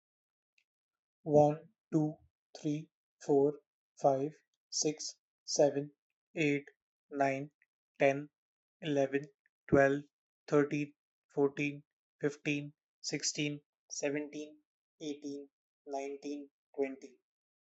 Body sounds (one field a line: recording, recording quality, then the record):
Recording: counting at a normal pace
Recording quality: excellent, no background noise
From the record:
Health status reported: healthy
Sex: male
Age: 26 years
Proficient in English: yes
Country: India